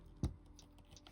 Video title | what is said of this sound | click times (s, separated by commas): Replacing G Shock GMD-S6900CC Battery MADE EASY! Step By Step Tutorial (3436 Module) | that tab down, and you'll feel it click right in place. And now our new battery is installed. | 1.1 s